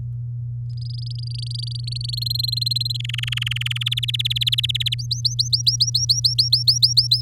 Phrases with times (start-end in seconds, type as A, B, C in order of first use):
0.77-2.15 A, 2.17-2.97 B, 3.00-3.89 C, 3.91-4.95 D, 4.99-7.21 E